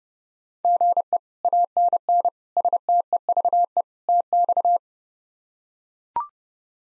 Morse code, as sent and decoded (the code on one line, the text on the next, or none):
--. . / .- -. -. / ... - . ...- . / - -..-
GE ANN STEVE TX